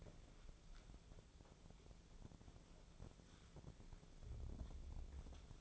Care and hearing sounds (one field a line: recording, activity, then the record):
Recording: daily activity, microphone in the room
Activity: wipe stove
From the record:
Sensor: 5